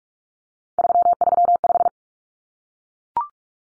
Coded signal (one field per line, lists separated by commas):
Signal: Morse code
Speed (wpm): 44 wpm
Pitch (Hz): 700 Hz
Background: none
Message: 335